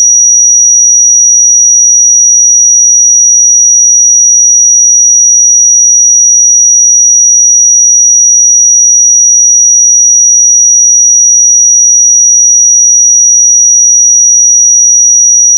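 A pure sine tone at 5791 Hz holds perfectly steady and bright at constant loudness for the whole clip, with nothing else around it.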